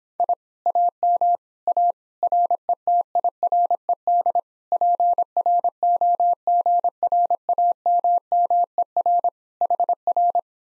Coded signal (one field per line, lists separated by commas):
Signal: Morse code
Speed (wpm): 26 wpm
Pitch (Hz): 700 Hz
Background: none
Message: I AM A RETIRED PROGRAMMER HR